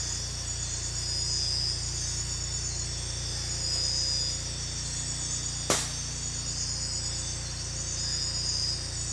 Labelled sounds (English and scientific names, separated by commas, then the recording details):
none
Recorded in dense forest near Puerto Asís, Putumayo, Colombia, on 16 December 2024 at 01:00
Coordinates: 0.468, -76.322
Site G071